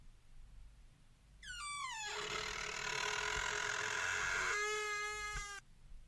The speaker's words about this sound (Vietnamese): Cánh cửa phòng thờ bị trận gió thổi đẩy ra từ từ, tiếng bản lề vang lên ken két.